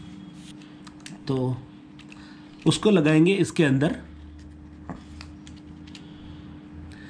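A DJI Action 4 action camera is handled next to its magnetic quick-release mount or frame, with light taps and handling noises while someone talks. The camera has not gone into the mount yet, and nothing has seated or clicked.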